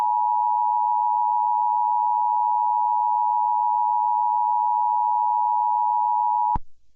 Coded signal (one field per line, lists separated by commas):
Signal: Emergency Alert System (SAME) tones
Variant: 853 and 960 Hz attention tone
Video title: May Fire Quell Fury|An EAS Scenario